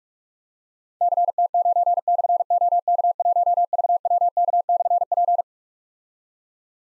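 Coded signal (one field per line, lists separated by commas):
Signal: Morse code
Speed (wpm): 45 wpm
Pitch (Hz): 700 Hz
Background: none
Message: CT9/OK1VWK/P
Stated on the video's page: Morse practice at 45 WPM: difficult call signs with slashes, each sent in Morse, then spoken, then sent again.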